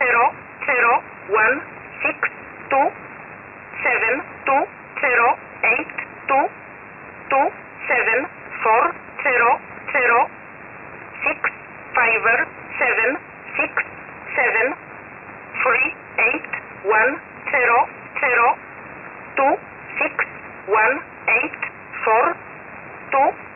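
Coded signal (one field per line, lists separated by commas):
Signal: numbers station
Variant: E11 Oblique, English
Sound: synthetic-sounding voice reading short evenly spaced words, likely numbers, over narrow-band radio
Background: radio static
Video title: 11 11 2021 Number station E11 Oblique in English to Eu 0827 on 5149 unknown tx site in USB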